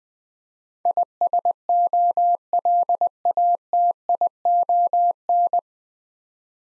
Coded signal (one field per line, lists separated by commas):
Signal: Morse code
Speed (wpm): 20 wpm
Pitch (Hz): 700 Hz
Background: none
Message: ISOLATION